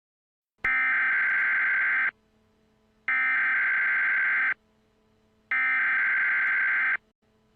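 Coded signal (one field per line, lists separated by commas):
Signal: Emergency Alert System (SAME) tones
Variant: header bursts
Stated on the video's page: Fictional EAS scenario.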